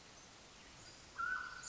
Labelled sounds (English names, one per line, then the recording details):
Mountain Quail
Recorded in Sonoma County, California